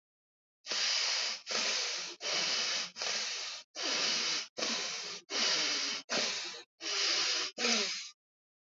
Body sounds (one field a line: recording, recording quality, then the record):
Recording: shallow breathing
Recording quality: excellent, no background noise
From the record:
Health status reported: healthy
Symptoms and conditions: diabetes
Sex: male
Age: 39 years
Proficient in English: yes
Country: India